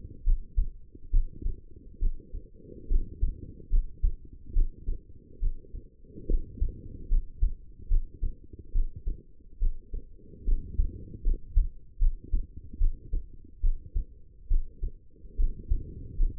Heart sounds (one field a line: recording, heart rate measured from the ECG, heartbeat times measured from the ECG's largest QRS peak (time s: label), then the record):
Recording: heart sounds by stethoscope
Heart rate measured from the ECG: 72 bpm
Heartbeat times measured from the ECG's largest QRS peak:
0.24 s: heartbeat
1.11 s: heartbeat
1.99 s: heartbeat
2.88 s: heartbeat
3.70 s: heartbeat
4.53 s: heartbeat
5.40 s: heartbeat
6.27 s: heartbeat
7.08 s: heartbeat
7.88 s: heartbeat
8.72 s: heartbeat
9.59 s: heartbeat
10.45 s: heartbeat
11.23 s: heartbeat
11.99 s: heartbeat
12.78 s: heartbeat
13.61 s: heartbeat
14.48 s: heartbeat
15.36 s: heartbeat
16.17 s: heartbeat
From the record:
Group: healthy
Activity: rest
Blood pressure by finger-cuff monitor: 112/75 mmHg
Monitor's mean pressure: 87 mmHg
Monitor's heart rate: 70 bpm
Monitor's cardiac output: 5.5 L/min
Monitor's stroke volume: 78 mL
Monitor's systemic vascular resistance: 1130 dyn s/cm5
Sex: female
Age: 22 years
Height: 160 cm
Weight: 45 kg